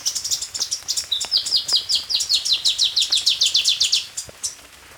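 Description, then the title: Black-crested warbler song: a rapid run of high, downslurred chips, steady and loud, then a few scattered notes trailing off. "Myiothlypis Nigrocristata"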